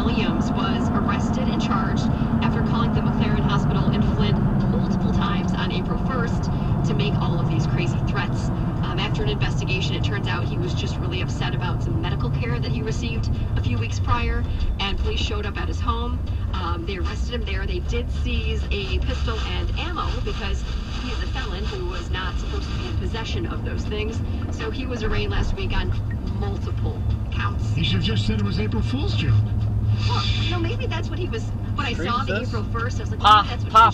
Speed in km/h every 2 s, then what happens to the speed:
76, 68, 60, 58, 53, 47, 34, 26, 26, 23, 23, 32, 35, 35, 35, 34, 32.
0-13 brakes to 26. 13-20 steady at about 23. 20-23 speeds up to 35. 23-29 steady at about 35.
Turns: 15-21.